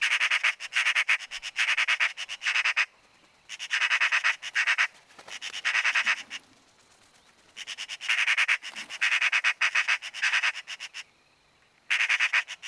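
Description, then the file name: Eurasian magpie chattering in long rattling bursts of harsh rapid notes broken by brief gaps. "Pica pica"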